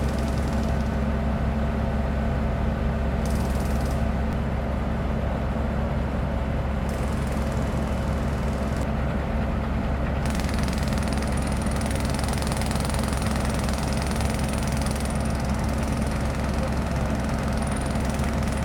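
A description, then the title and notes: A jackhammer pounds without pause, a dense, steady, machine-like rattle heavy in the low end and loud throughout. The upper hiss cuts in and out every few seconds, and from about ten seconds a thin, high whine sits over the din. Jackhammer Noise.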